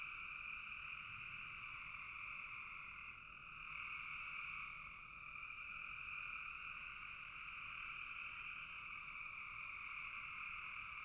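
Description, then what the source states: Frog: a sustained chorus of frogs, an even two-pitched trilling hum that dips briefly in loudness twice. Several frogs calling in a bog.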